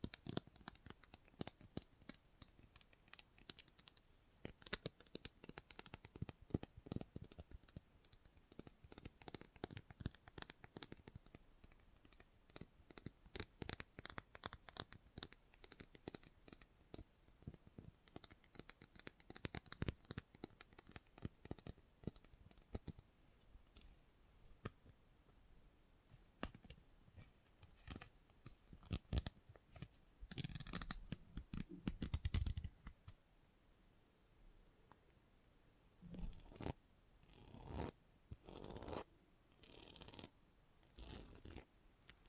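Scissors snip in dense rapid bursts through the first half, thinning out later into scattered sharper cuts.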